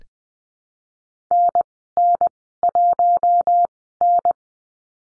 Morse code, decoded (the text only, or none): NN1N